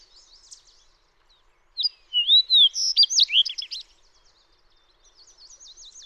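Fox sparrow delivering a rich, whistled song phrase of sliding notes and quick slurs, with faint twittering birds before and after.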